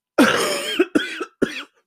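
Three harsh, voiced adult coughs, the first longest, after choking on saliva, in an adult who had the flu over the weekend.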